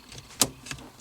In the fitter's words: it clicks i know i'm snapped in good